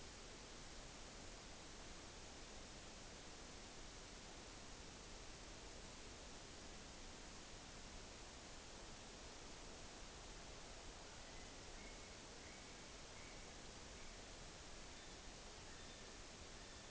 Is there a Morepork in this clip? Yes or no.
no